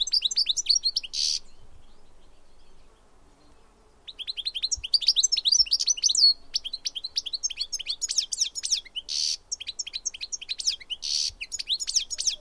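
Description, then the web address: Bird song of rapid high chirps and sweeping notes, a brief lull midway, then a dense, continuous run of twittering phrases with occasional buzzy bursts. "Deverinetal"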